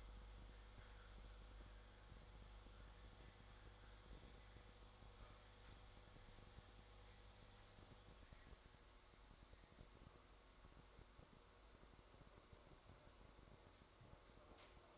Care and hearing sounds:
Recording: daily activity, microphone in the room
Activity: make coffee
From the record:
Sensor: 3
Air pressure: 1004.3 hPa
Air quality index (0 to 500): 198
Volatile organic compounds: 15 ppm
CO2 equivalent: 2485 ppm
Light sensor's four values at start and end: 5/13/5/5 and 5/13/5/5

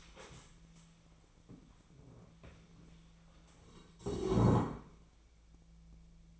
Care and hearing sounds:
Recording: daily activity, microphone in the room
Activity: stand up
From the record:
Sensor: 1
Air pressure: 1000.5 hPa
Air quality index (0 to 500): 176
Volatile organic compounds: 4 ppm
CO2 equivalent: 1623 ppm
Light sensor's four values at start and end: 13/32/13/15 and 13/32/13/15

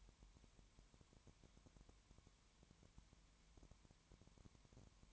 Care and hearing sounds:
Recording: daily activity, microphone in the room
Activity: no activity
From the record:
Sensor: 3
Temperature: 20.1 degrees Celsius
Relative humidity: 31.4%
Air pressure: 1001.3 hPa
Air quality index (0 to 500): 74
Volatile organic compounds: 1 ppm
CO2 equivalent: 695 ppm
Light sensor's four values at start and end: 2/3/2/2 and 2/3/2/2

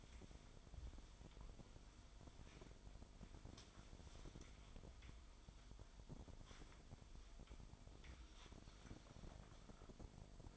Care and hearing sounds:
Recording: daily activity, microphone in the room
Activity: wipe stove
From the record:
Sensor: 5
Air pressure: 1003.3 hPa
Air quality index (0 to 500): 138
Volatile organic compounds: 2 ppm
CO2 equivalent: 1005 ppm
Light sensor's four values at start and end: 37/82/37/43 and 38/86/38/44

